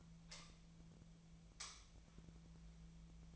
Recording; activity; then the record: daily activity, microphone in the room; light on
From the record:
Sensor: 1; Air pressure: 1009.8 hPa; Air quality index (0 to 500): 190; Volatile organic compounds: 18 ppm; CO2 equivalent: 2611 ppm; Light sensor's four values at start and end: 36/90/38/46 and 47/134/55/63